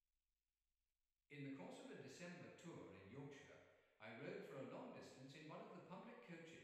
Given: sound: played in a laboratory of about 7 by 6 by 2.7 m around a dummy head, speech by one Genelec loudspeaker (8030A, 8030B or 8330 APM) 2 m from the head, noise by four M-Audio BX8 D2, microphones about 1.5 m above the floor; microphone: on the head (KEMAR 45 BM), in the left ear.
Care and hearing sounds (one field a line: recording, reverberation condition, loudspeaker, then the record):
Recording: male speech in English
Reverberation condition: high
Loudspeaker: behind (180 degrees)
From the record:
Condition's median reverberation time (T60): about 1300 ms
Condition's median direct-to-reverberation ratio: about -4.0 dB